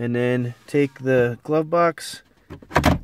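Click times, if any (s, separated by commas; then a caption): 2.8 s. On a 2006–2011 Honda Civic, after the cabin air filter is replaced, the glovebox door is swung back up and pushed shut into the dashboard. Someone talks, then a sharp latch click comes at 2.8 s as the glovebox latches shut.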